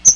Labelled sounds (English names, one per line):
Chestnut-sided Warbler flight call